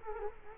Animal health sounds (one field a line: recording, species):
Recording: mosquito wingbeat signal from an infrared sensor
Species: Culex quinquefasciatus